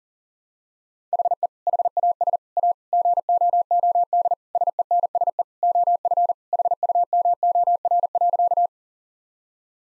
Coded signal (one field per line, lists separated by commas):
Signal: Morse code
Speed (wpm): 40 wpm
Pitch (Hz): 700 Hz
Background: none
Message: HE HAS A GOOD SENSE OF HUMOR.